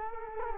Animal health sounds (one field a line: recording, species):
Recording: mosquito wingbeat signal from an infrared sensor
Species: Culex quinquefasciatus